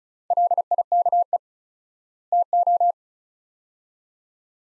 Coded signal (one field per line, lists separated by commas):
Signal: Morse code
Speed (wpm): 36 wpm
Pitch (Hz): 700 Hz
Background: none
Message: LIKE TO